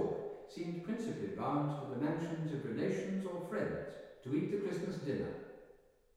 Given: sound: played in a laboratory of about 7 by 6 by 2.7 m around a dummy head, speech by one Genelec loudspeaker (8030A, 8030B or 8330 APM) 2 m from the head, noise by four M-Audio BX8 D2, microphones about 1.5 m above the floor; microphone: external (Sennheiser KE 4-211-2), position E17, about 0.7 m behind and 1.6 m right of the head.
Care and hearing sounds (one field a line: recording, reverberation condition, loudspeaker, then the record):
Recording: male speech in English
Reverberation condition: high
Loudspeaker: 60 degrees to the left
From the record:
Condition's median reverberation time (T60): about 1300 ms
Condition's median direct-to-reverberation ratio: about -4.0 dB